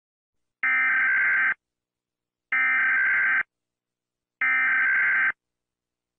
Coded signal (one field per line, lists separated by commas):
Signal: Emergency Alert System (SAME) tones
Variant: header bursts